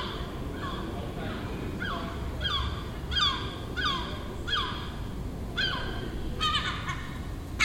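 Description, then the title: Gull calling in a series of short, downward-sliding harsh notes over a steady low rumble. Nesting gull on a neighbouring roof in Den Haag, Netherlands, recorded June 18th 2017; it made these sounds all day for a week. "Seagull Chatter (Den Haag"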